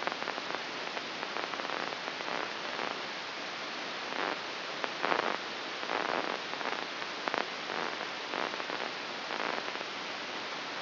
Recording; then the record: brain microelectrode recording played as sound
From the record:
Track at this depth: inside the subthalamic nucleus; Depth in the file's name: 2.945 mm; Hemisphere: right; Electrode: 2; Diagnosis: Parkinson's disease